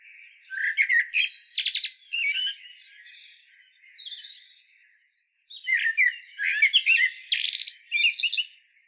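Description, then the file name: Common blackbird song phrases of warbled notes and rapid high squeaky twitters, two busy bursts with softer chatter in between. "Turdus merula"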